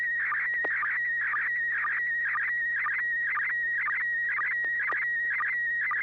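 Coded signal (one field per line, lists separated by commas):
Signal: SSTV (slow-scan television)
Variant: PD120 mode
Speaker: uh yeah I think I am uh this will be pd120 thanks Bill here we go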